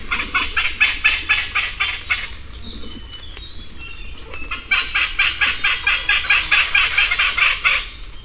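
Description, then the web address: Malabar pied hornbill cackling: rapid runs of harsh, clipped notes break briefly midway and then resume in a long even series. "malabar pied hornbill. صدای-پرنده-نوکشاخ-مالابار"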